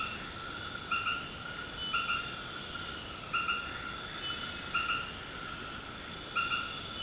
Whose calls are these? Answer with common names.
none